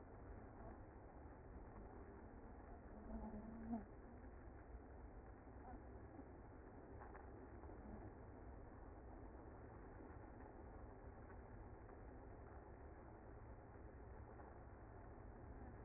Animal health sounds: honeybee colony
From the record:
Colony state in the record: active

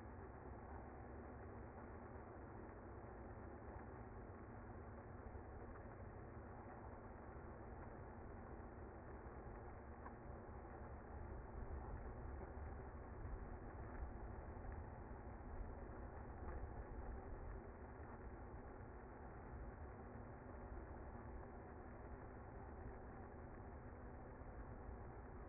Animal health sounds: honeybee colony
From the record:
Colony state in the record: active

